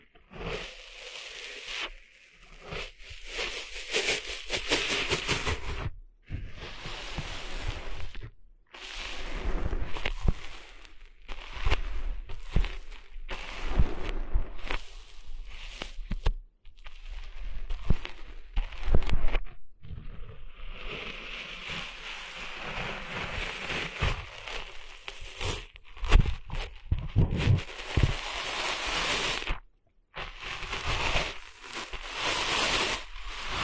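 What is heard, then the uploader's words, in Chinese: Sand rustles and scrapes on a beach in dense, hissy bursts that swell and fade unevenly. Short silent breaks cut in around 6, 8, 16, 20 and 30 seconds, each followed by a fresh round of gritty shuffling with some low thumps. 沙沙沙…沙滩的沙沙声。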